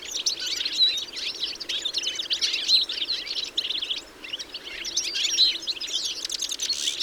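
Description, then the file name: European goldfinch calls in a crowded twittering chorus. "Carduelis carduelis"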